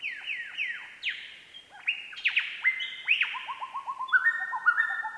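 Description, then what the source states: Lyrebird in varied mimicry, falling whistled sweeps and sharp upslurred notes, ending in quick rolling repeated whistles. Lyrebird mimicking other forest bird species and two flute phrases, recorded by Hollis Taylor for research into the flute lyrebird story; Enfield State Forest, Victoria, Australia, 6:53 a.m., 16 June 2013.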